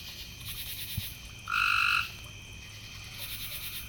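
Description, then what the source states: Frog: a single flat, tonal frog call of about half a second, set against a quiet hissing high chorus. Several frogs, recorded in the evening.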